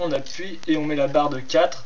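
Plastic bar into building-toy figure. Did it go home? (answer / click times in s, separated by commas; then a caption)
no / none. A plastic 4-length bar is pressed into a plastic Lego Bionicle Piraka building-toy figure from 2006 while someone talks throughout. The bar is still being handled and nothing has seated or clicked yet.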